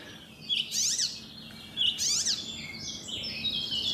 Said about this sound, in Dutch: Hij vond zijn opname goed genoeg om naar Vroege Vogels te sturen. En kijk eens aan, Jan, zowaar jouw spotvogel op NPO Radio 1.